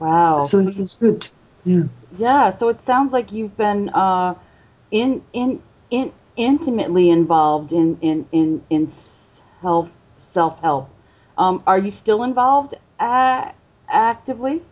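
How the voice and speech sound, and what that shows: An adult speaks with stuttering: repeated 'in-in-in' syllables before a word, prolonged sounds and a silent block with a glottal catch before another word, amid otherwise fluent conversational speech.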